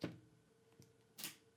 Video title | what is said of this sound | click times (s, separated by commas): Nintendo Switch unboxing, and..... taste test? | oh yeah listen to that click team I don't know if you could listen to that click or if you heard that click but it was | 1.2 s